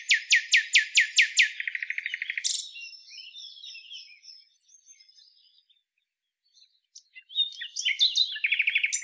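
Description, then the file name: Common nightingale opening with loud, evenly spaced repeated notes that shift into a fast rattle, then quiet high twittering and a renewed rapid phrase. "Luscinia megarhynchos"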